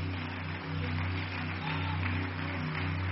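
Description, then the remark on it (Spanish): An audience claps steadily for a few seconds as applause for the Lord Jesus Christ, a dense, even patter of many hands with no voices, while a low electrical hum drones underneath. “Denle un aplauso al Señor Jesucristo de veras.”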